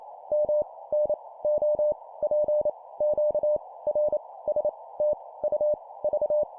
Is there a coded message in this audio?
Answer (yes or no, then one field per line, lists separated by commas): yes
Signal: Morse code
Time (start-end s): 0.3-6.4 s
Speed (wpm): 28 wpm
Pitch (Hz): 600 Hz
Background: none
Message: M N O P Q R S T U V